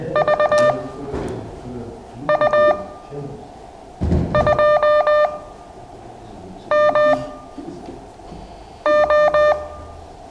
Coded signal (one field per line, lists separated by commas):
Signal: Morse code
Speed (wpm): 20 wpm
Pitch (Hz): 600 Hz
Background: none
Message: V U 2 M O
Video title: ZS6TJ CW Morse Code practice Class session two 21/11/2020